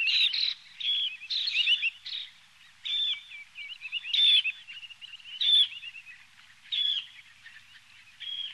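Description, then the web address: Dunlin calling, short harsh trilling notes in irregular bursts, with softer chattering notes between them. On Sakhalin and the Kuril Islands. "priroda sakhalina i kuril. Calidris alpina"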